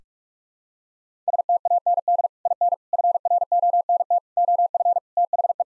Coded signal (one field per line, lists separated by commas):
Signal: Morse code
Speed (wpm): 46 wpm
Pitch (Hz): 700 Hz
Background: none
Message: STAND IN FRONT OF THE